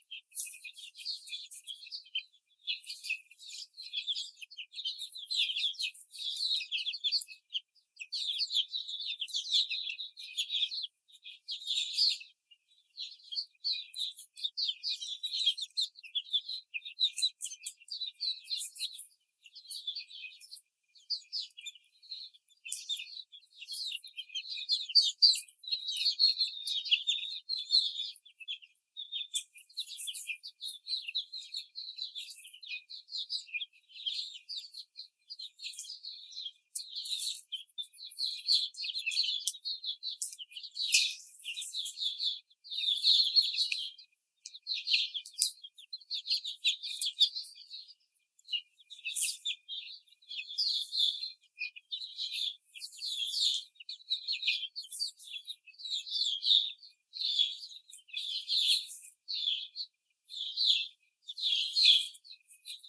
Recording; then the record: young laying hens in a cage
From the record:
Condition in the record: before the stressor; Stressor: simulated dog barking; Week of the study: 4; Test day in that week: 3